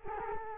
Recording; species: mosquito wingbeat signal from an infrared sensor; Culex quinquefasciatus